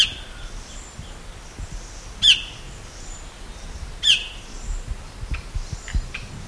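Bird calls: three crisp, falling, high chirps about two seconds apart, followed by fainter short notes near the end over a low rumble.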